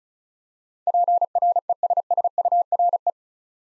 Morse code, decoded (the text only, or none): PRESSURE